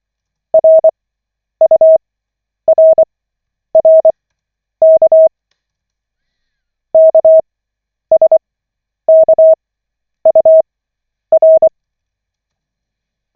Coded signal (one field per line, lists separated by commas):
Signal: Morse code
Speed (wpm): 24 wpm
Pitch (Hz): 640 Hz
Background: none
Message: RURRK KSKUR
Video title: Koch 5/40, 23.12.2024, 9th(! :O) CW practice session